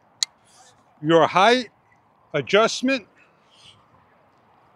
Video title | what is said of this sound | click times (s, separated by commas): PIYODEA Paddle Board, Inflatable Paddle Board, Blow Up Paddle Board, Super Wide 11' Non Slip EVA | aluminum paddle simply snaps together | 0.2 s